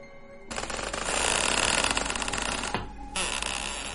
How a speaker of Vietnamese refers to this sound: Giấc ngủ đang lúc say nồng thì một cơn gió ở ngoài sân dội vào. Gió thổi cánh cửa rung lên bần bật.